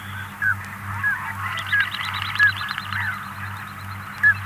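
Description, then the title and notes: Common Scoter piping calls: short, clear whistles at irregular intervals, over a steady low hum and faint chattering. "Viikon luontoääni: Mustalintu. Risto Nevanlinna"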